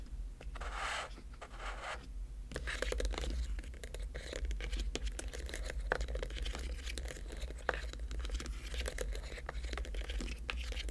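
Tapping and scratching sounds fill the clip, starting with a couple of soft hissing swishes in the first two seconds. After that come dense, irregular clicks and scrapes, with occasional sharper taps near six and eight seconds over a steady low hum.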